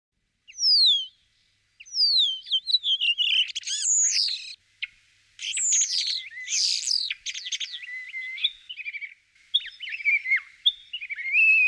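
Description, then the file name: Common starling song: high descending whistles, then a varied rapid medley of clicks, rattles, buzzy chatter and slurred whistles in short phrases separated by brief pauses. "skvorets"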